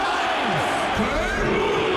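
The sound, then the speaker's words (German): A big stadium crowd of Fortuna Düsseldorf fans chanting in unison, a dense, roaring wall of many voices with rising and falling shouted tones, steady and loud throughout. “Und das ganze Jahr natürlich ins Stadion. Ich hör's schon.”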